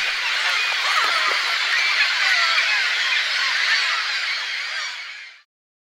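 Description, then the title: Massed gull cries form a thick, unbroken wash of calls that holds steady for about four seconds, then fades out to silence. "Seagulls"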